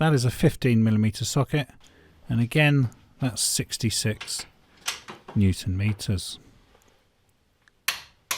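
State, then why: Torque reached. Someone talks while a torque wrench with a 15 mm socket, set to 66 Nm, tightens the gearbox support bracket bolt into the vehicle body on a MINI R50 Cooper during gearbox and engine refitting. After a quiet pause, the wrench gives a sharp, positive click at 7.9 s, followed by another sharp sound at 8.3 s, confirming the bolt has reached its torque setting.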